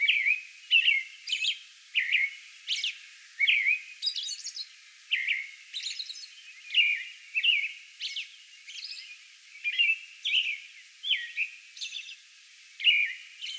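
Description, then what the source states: American robin song bout: a long run of whistled phrases with thin high notes mixed in. Song bout recorded on May 11.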